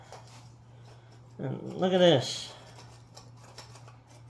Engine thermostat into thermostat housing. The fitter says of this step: doesn't lock in place